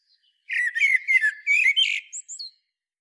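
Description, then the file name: Common blackbird giving a run of hoarse, clustered mid-pitched notes, followed by a few thin high squeaks and short whistles before falling silent. "Turdus merula"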